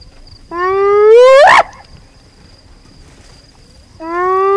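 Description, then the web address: Spotted hyena whoops: a long rising whooping note that sweeps sharply upward at the end, then a pause and another rising whoop beginning. "naturelibrary spotted hyena"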